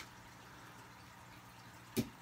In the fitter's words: and then of course his handlebars will just lock into place like that and there he is riding